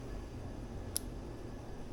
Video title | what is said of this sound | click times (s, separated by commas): Mokwheel Basalt Cadence Sensor Replacement | Make sure it snaps into place. | 1.0 s